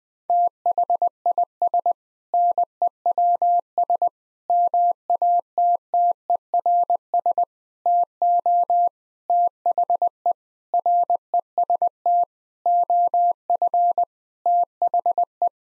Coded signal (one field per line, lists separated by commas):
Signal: Morse code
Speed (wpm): 20 wpm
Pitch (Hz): 700 Hz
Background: none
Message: THIS NEWS MATTERS TO THE REST OF THE